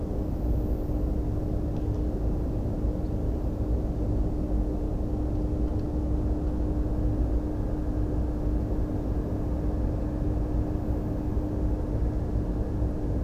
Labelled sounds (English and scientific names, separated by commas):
none